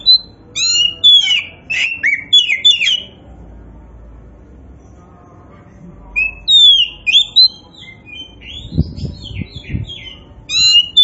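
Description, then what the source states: Oriental magpie-robin singing clear slurred whistles and quick trilled notes in short phrases; a few low thuds sound near the end. Local variety called kacer poci; described as gacor, singing vigorously.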